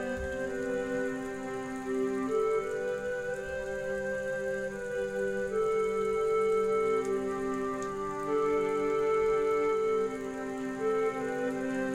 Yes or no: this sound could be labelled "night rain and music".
yes